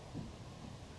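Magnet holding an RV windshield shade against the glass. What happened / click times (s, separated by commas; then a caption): Handled, not yet home: the magnet has not snapped onto the window / none. A magnet is held against the outside of an RV windshield while a magnetic shade is attached to it from inside, with the magnet meant to hold the shade against the glass. Only a low, steady rumble with a faint swell near 0.2 s is heard. Nothing has snapped onto the window or seated yet.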